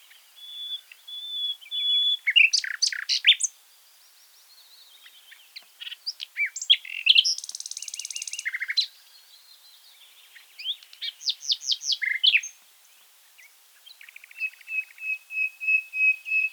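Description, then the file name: Common nightingale singing varied phrases: whistled notes, rapid rattling trills, buzzy bursts and a sustained high whistle, separated by short pauses. "Luscinia megarhynchos"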